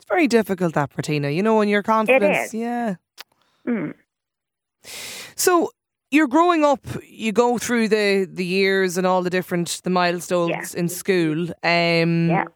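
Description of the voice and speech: An adult radio host speaks with a voice of medium pitch in smooth conversational phrases, with a longer pause and a brief murmured reply midway. No repetitions, blocks or strain are heard; this is ordinary fluent speech in a quiet room.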